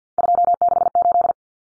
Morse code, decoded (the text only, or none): 268